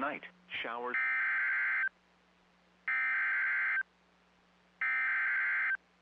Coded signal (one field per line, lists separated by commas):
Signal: Emergency Alert System (SAME) tones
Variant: header bursts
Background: speech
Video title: NOAA Weather Radio - Severe Thunderstorm Warning [EAS #205] (6/22/22)